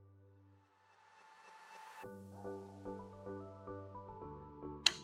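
The piston of a Fleck 2510 AIO water softener control valve is pushed onto its plastic drive arm, a tricky fit, while music plays and someone talks. A sharp click at 4.9 seconds marks the piston snapping onto the arm and seating.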